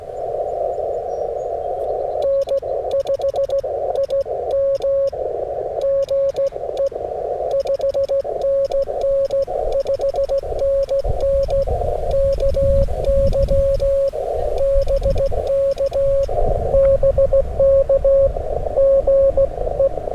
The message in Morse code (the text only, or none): N5IM GE 5NN 5NN KY BK BK GE